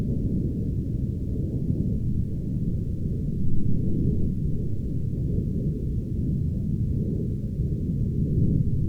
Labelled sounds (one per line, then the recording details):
aircraft
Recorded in the Arctic National Wildlife Refuge, Alaska, on 16 August 2019 at 02:14
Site 40